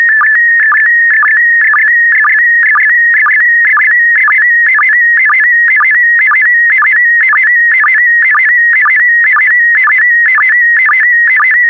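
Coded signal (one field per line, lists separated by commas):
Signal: SSTV (slow-scan television)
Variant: PD120 mode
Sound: warbling, buzzy tone with a steady rhythmic chirp about twice per second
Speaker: Transmission complete. You can now check your decoded image against the picture that is shown on the video.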